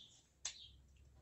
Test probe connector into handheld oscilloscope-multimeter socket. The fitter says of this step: é só encaixar aqui ele dá um clique e fica bem encaixado mesmo